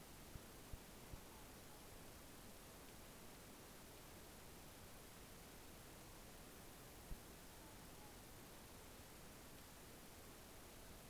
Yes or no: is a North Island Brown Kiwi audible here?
no